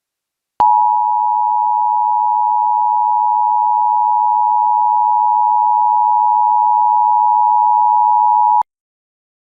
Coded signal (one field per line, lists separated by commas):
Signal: Emergency Alert System (SAME) tones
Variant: 853 and 960 Hz attention tone